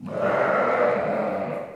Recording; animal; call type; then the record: contact call of a hoofed animal; sheep; low-frequency (closed-mouth) or high-frequency (open-mouth) call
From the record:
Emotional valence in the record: negative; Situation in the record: short social isolation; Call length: 1.76 s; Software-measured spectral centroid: 1210 Hz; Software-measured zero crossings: 1430 a second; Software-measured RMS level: -24 dBFS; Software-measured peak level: -9 dBFS